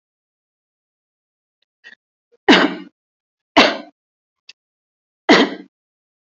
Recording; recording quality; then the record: shallow voluntary cough; excellent, no background noise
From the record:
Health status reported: COVID-19 positive, mild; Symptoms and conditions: sore throat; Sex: female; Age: 33 years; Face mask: not worn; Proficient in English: yes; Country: India